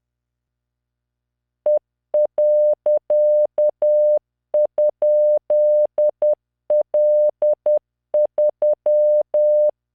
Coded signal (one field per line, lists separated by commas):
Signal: Morse code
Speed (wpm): 10 wpm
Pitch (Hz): 600 Hz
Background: none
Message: E.?L3